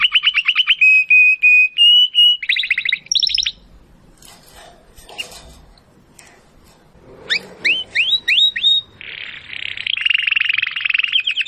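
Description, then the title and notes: Domestic canary song of rapid trilled rows and rising whistled notes, pausing midway before resuming with fast rising sweeps and a buzzy trill. Belgian canary singing in the Campainha (bell) song style. "Canário Belga Campainha Canary Singing. Canario Belga Cantando"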